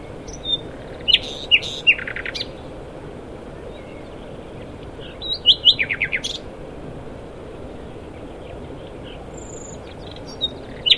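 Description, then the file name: Common nightingale delivering brief bursts of sharp chirps and quick repeated notes, with pauses between phrases and a continuous low background hum. "Luscinia megarhynchos"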